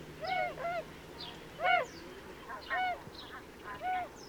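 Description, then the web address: Bewick's swan giving nasal, bugling honks about once a second, some in pairs, with softer calls between. "chant xeno-canto cygne de bewick"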